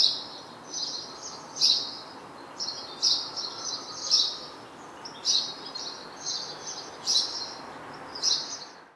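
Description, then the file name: House sparrow chirping in short clustered bursts of high notes, spaced irregularly throughout, with a quiet hiss underneath. "Passer domesticus"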